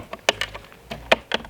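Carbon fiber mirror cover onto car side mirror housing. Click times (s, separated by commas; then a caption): 0.3 s, 1.1 s. An RW Carbon carbon fiber mirror cover is lined up on the side mirror housing of a W204 C63 and pressed on until its plastic clips engage. Softer taps surround two sharp clicks at 0.3 s and 1.1 s as the clips snap home, and the cover is seated.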